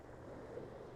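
The mainsheet block is being clipped onto its attachment point on a small inflatable catamaran before launching, with steady wind and surf-like noise throughout. Nothing has seated or clicked yet.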